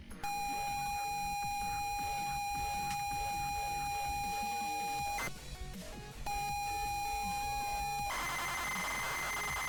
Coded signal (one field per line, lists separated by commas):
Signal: ZX Spectrum tape loading